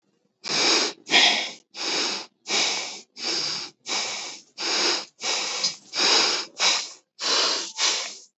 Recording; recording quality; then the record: shallow breathing; excellent, no background noise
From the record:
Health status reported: healthy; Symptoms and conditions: none ticked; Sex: male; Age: 34 years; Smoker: not ticked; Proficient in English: yes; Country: India